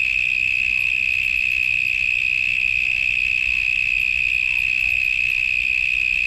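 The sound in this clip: Cicadas keep up a continuous shrill buzz at one steady pitch, with faint ticking sounds above it and no pauses.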